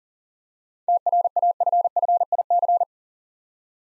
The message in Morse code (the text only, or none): TRAFFIC